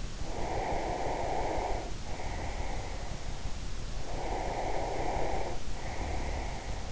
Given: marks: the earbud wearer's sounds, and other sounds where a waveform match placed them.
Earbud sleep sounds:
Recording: sounds in sleep by an in-ear microphone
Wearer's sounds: breath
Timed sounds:
0.23-3.04 s: breath
4.01-6.92 s: breath

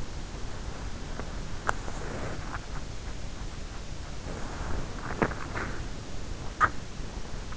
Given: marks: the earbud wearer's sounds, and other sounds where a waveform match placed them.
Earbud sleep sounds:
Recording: sounds in sleep by an in-ear microphone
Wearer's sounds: body movement, teeth grinding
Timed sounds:
0.00-2.02 s: body movement
1.07-3.03 s: teeth grinding
3.88-6.87 s: teeth grinding

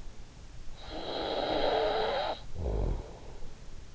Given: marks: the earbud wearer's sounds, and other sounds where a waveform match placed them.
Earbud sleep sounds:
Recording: sounds in sleep by an in-ear microphone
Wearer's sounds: snoring breath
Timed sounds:
0.58-3.63 s: snoring breath

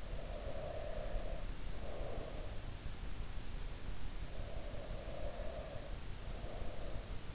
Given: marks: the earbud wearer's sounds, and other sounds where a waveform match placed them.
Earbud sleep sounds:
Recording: sounds in sleep by an in-ear microphone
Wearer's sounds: breath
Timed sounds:
0.00-2.68 s: breath
4.34-7.08 s: breath

